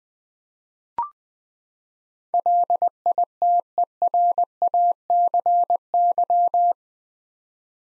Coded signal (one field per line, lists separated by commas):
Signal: Morse code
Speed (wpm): 21 wpm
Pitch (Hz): 700 Hz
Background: none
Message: LITERACY